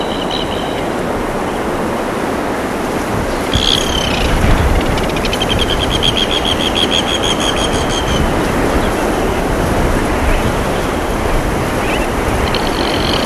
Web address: red-billed tropicbird